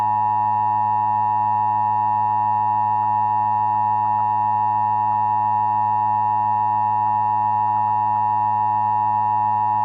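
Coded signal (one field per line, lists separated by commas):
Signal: Emergency Alert System (SAME) tones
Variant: 853 and 960 Hz attention tone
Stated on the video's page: Mock EAS alert for a refinery fire, not a real broadcast.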